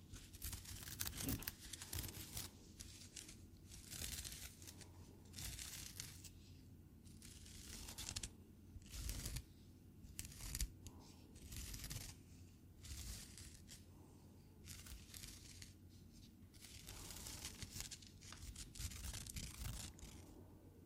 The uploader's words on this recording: NO TALKING, Squeezing, Crinkles, Tapping, Scratching.